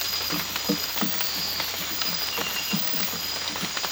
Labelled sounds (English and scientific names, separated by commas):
none